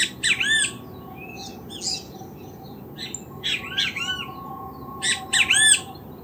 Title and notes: Benteveos de Casavalle. Sonido ambiente con canto de Benteveos. Recopilado el 7 de octubre de 2019 en las inmediaciones de la cañada Iyuí (Casavalle, Montevideo - Uruguay)